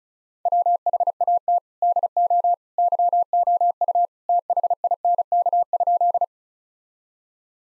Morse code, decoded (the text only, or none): WHAT DO YOU THINK?